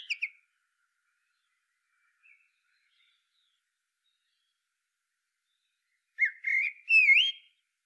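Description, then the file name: Common blackbird song: a brief note at the start, then after a long silence a mellow warbled phrase with a thin high flourish. "Turdus merula"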